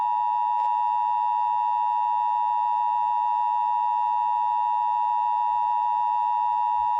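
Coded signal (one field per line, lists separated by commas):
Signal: Emergency Alert System (SAME) tones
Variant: 853 and 960 Hz attention tone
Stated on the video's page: Fictional EAS scenario recreation.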